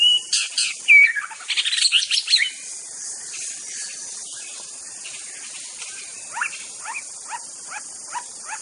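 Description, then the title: White-rumped shama giving a quick burst of chattering, whistled notes, then a slow series of soft descending notes roughly every half second. Wild bird from the forest. "Suara burung murai batu asli hutan"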